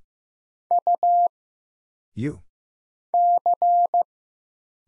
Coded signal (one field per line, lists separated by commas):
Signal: Morse code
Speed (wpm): 15 wpm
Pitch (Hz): 700 Hz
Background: none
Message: U C